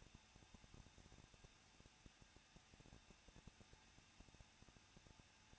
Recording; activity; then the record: daily activity, microphone in the room; no activity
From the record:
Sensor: 2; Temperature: 21.0 degrees Celsius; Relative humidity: 37.5%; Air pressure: 1006.3 hPa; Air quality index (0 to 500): 223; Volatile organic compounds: 25 ppm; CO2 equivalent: 2838 ppm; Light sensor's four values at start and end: 2/3/2/2 and 2/3/2/2